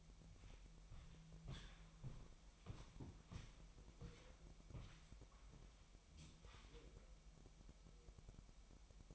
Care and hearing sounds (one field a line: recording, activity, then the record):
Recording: daily activity, microphone in the room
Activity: walk to room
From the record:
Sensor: 1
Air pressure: 1002.0 hPa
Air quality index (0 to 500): 248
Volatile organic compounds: 52 ppm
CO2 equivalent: 3327 ppm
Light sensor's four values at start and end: 9/21/8/9 and 8/19/8/9